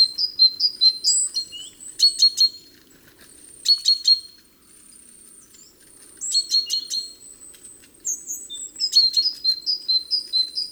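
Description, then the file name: Great tit calling in clusters of quick high chips and short whistled slurs, with rattling buzzy bursts between quieter gaps and a faint low hum. "Parus major"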